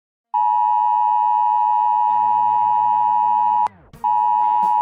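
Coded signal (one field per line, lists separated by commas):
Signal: Emergency Alert System (SAME) tones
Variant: 853 and 960 Hz attention tone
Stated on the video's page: Fictional EAS alarm about a nuclear attack.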